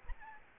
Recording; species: mosquito wingbeat signal from an infrared sensor; Aedes albopictus